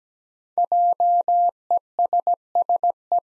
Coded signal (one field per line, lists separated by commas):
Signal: Morse code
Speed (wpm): 17 wpm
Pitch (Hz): 700 Hz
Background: none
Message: JESSE